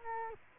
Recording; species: mosquito wingbeat signal from an infrared sensor; Culex quinquefasciatus